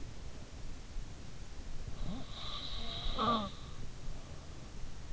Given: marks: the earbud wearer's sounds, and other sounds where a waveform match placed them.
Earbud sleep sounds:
sounds in sleep by an in-ear microphone; snoring breath
2.11-4.49 s: snoring breath

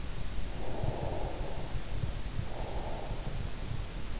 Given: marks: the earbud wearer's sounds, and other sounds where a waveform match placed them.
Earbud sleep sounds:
sounds in sleep by an in-ear microphone; breath
0.61-3.29 s: breath

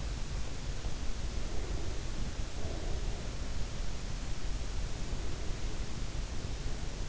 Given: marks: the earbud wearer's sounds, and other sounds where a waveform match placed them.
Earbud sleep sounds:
sounds in sleep by an in-ear microphone; breath
1.33-3.19 s: breath

